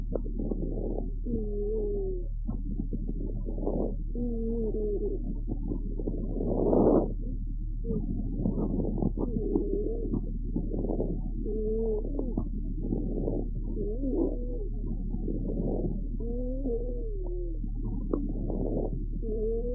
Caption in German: Pferd mit chronisch obstruktiver Bronchitis. Ist neben dem deutlichen inspiratorischen trockenen Rasseln und Knistern ein periodisch wiederkehrendes expiratorisches tieffrequentes Giemen hörbar.